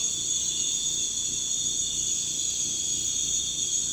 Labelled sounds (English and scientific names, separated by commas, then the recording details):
none
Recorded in pastures near Puerto Asís, Putumayo, Colombia, on 18 December 2024 at 00:00
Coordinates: 0.466, -76.322
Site G040